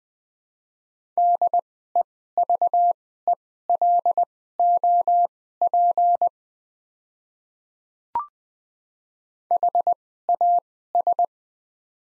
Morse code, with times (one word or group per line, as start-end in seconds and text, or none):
1.2-6.3 DEVELOP
9.5-11.2 HAS